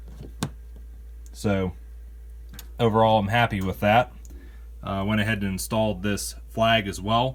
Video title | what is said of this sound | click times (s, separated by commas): Fan Mail Unboxing No. 4: Part 3 - Switching Things Over | and the switch stand does click in place | 0.4 s